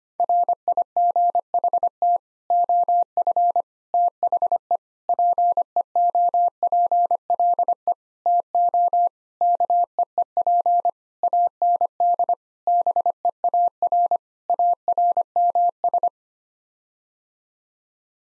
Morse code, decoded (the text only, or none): RIGHT OF THE PEOPLE TO KEEP AND BEAR ARMS